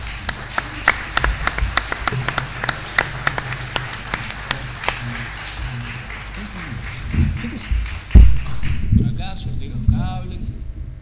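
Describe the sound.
An audience applauds with brisk, irregular claps over a steady wash of noise. The clapping thins out after several seconds, giving way to shuffling sounds and low murmuring voices.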